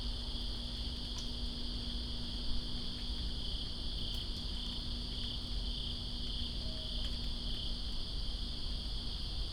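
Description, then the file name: Crickets give a shrill chorus throughout, over rumbling rain and occasional sharp water drips. Crickets calling during rain in Greensboro on 2 September 2017. "Greensboro Crickets And Rain-2017-09-02"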